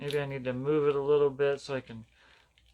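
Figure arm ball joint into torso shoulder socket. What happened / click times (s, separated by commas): The plastic joint is handled but has not snapped into place / none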